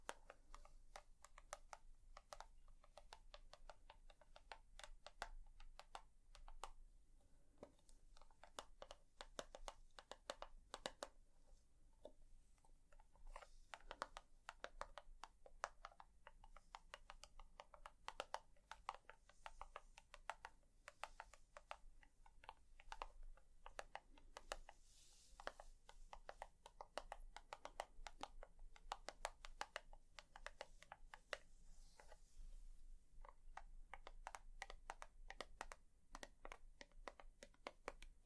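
Tapping runs through the whole 38 seconds as a dense stream of quick, sharp clicks, irregular in rhythm and bunching into fast flurries with brief thinner stretches. The taps sound bright and crisp, much like keys being struck, over a faint low hum.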